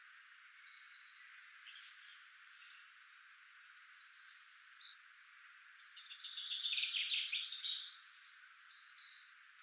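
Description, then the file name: Common chaffinch song: one strong trilled phrase in the second half, preceded by fainter trills and high whistles. "Fringilla coelebs"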